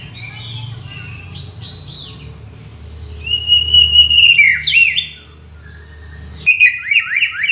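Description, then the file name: White-rumped shama song of soft warbles, a long clear whistled note, then a sudden loud burst of quick descending whistles. From Borneo. "murai batu borneo"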